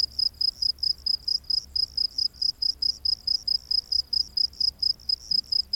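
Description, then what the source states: Cricket chirping, a high steady trill broken into short pulses about two to three per second, repeated evenly throughout. Crickets recorded during the day.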